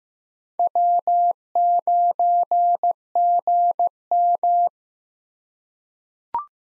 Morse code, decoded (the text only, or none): W9GM